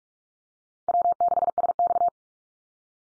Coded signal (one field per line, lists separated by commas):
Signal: Morse code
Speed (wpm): 44 wpm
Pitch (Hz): 700 Hz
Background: none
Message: W6SX